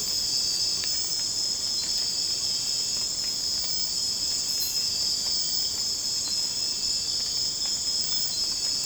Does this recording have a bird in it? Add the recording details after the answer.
no. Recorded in secondary vegetation near Puerto Asís, Putumayo, Colombia, on 12 March 2025 at 02:30. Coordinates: 0.485, -76.322. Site G040